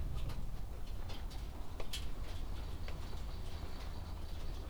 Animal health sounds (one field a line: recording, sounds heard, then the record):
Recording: poultry house recording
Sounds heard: no chicken sound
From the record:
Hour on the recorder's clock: 16